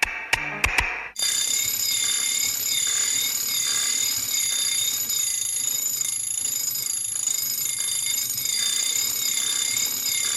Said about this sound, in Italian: Sveglia il Breakfast Club tra sveglie, martelli, bulloni, piccole lamine di acciaio, altri oggetti meccanicamente costruiti per mantenere un noise ritmico.